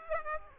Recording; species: mosquito wingbeat signal from an infrared sensor; Aedes aegypti